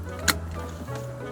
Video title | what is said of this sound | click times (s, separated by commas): How to install a child restraint in under 3 minutes - Scott Murray BestFamilyCars.com.au | Push your Isofix point in. Hear the click. | 0.3 s